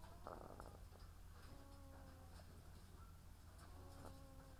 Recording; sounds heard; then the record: poultry house recording; sick chickens (respiratory disease)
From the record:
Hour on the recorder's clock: 17